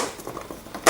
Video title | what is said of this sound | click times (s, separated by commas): Test du jeu Santorini | Vous entendez des clacs, vous entendez un clac, c'est tout bon. | 0.9 s